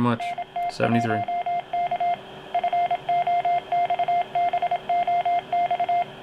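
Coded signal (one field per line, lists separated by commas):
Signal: Morse code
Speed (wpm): 26 wpm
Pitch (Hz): 700 Hz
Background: speech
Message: NT1K FOXBOX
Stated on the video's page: Morse from an Arduino-powered foxbox prototype, which stops working when the transceiver is near the board due to RF issues.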